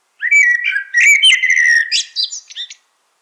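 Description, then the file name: Common blackbird song: a short, dense phrase of mellow whistles sliding downward, broken by squeaky high notes and ending in a fast twitter; quiet background. "Turdus merula"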